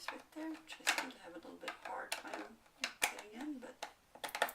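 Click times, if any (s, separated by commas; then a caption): none. Someone talks while working a plastic locking ring back onto the cleaning cartridge housing of a Kangen water ionizer, taking care not to cross-thread it as it proves hard to get in. Brief sharp handling knocks are heard around 2.8, 3.0, 3.8 and 4.4 seconds. Nothing has seated or clicked yet.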